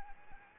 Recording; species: mosquito wingbeat signal from an infrared sensor; Anopheles arabiensis